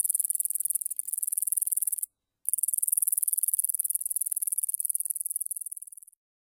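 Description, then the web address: Round-winged katydid song: a long, high, evenly pulsed rasp, broken once by a short gap, then running on for several seconds before fading out. "Crickets and Katydids Roundwinged Katydid, Amblycorypha rotundifolia"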